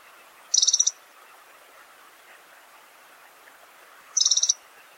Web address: pink rumped rosefinch call